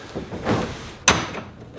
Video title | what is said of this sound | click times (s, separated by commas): Silverado & GMC Sierra Bed Cover Install & Review RealTruck BakFlip Tonneau Cover | Now we just need to get under here, get these clamps locked into place. Nice | 1.1 s